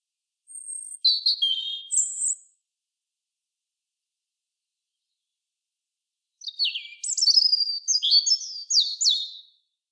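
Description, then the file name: European robin song: two phrases of high thin whistles and rapid tinkling descending notes, separated by about four seconds of silence. "Erithacus rubecula"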